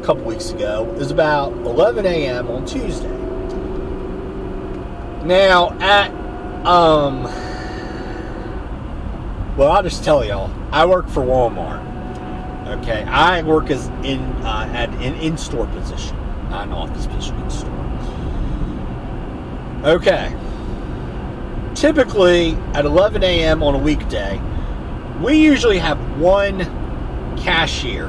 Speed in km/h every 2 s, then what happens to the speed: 61, 69, 74, 77, 76, 76, 76, 79, 77, 77, 81, 81, 79, 81.
0-6 speeds up to 77. 6-28 steady at about 77.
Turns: none.